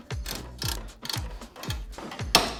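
A torque wrench set to 40 ft-lb is pulled on a lawn mower blade bolt, giving several ratcheting strokes before a sharp click at 2.4 s. The click confirms the bolt has reached the 40 ft-lb setting again. Someone talks.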